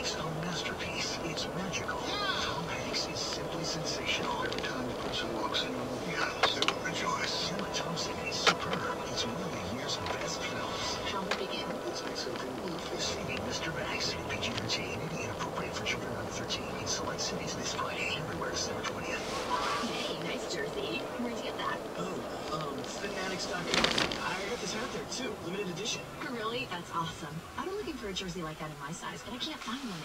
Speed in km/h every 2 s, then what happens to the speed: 60, 60, 60, 58, 56, 56, 55, 56, 56, 60, 60, 52, 35, 15, 0.
0-20 steady at about 58. 20-30 brakes to 0.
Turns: none.